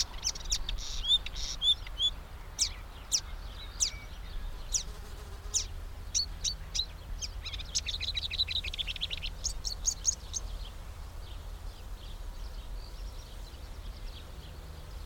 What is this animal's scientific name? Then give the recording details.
Acrocephalus palustris. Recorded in the wild. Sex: male. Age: adult. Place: Blankenfelde, Berlin, DE. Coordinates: 52.645, 13.395. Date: 1992-05-30 10:40. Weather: sonnig, 19-23°C, böiger Wind. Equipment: Marantz CP 430, Sennheiser ME 80, K 30 AV, Kopie Tesla B 116. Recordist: Tembrock, Günter. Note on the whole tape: Teich Botananische Anlage; Gesang, ca. 3 min